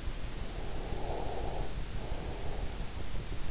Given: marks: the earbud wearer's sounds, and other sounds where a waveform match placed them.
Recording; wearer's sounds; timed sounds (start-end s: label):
sounds in sleep by an in-ear microphone; breath
0.31-3.45 s: breath